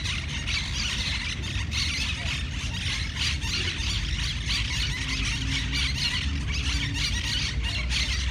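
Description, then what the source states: Monk parakeets give a dense, continuous chatter of harsh, high squawks and screeches, with a steady low rumble of traffic underneath. Monk parakeets in Parc de la Ciutadella, Barcelona, recorded 20 September 2019.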